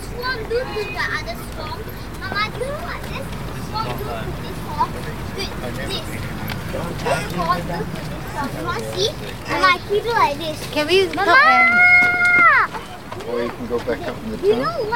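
Walking outdoors through a busy public place, with several voices talking and overlapping chatter. Around the twelfth second a clear, held tone rings out for about a second. A low, steady rumble of traffic runs underneath throughout.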